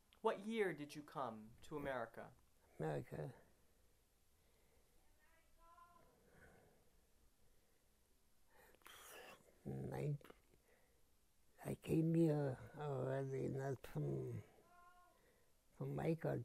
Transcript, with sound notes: What year did you come to America?
America? [pause] Nine-- I came here already - not from -- from my country.